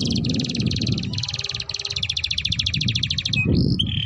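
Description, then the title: Domestic canary singing rapid rattling trills, ending in short swooping whistles, with low background rumble. Belgian canary song used to warm up canaries and as masteran so young canaries start singing quickly. "Canto Para Esquentar Canário Belga. Suara Pancingan Kenari Gacor || Masteran Kenari Paud Agar Cepat Bunyi"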